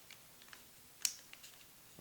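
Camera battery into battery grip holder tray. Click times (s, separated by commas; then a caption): 1.1 s. A camera battery is pressed straight down into the plastic battery holder tray of a Canon BG-E20 battery grip for the Canon 5D Mark IV. Faint clicks and small handling taps come before a single sharp snap at 1.1 seconds, followed by a few softer taps and a brief rustle at the end. The battery seats firmly in the holder.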